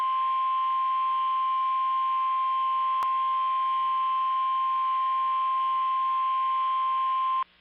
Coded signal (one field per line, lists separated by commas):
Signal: Emergency Alert System (SAME) tones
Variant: 1050 Hz attention tone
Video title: Tornado Watch (EAS #446)